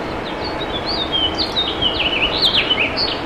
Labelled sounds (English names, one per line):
House Finch song